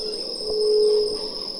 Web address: sound White-tipped-dove